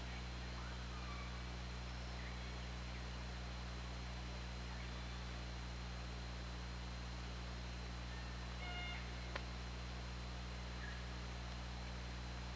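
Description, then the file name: Orca pulsed call with stacked harmonics near nine seconds, plus a few fainter tonal calls earlier and later, set against constant low rumble and underwater hiss. Hydrophone recording made underwater on 24 August 2017 at about 20:50. "Orca Lab"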